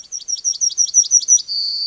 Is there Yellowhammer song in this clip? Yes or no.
yes